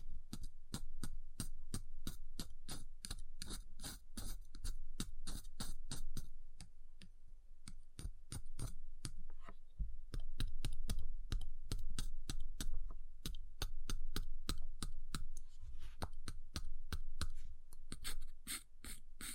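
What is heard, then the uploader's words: Ice being tapped in quick, uneven bursts of sharp clicks, briefly thinning around seven seconds, over a steady low hum throughout. Ice Tapping, Scratching, Carving Sounds.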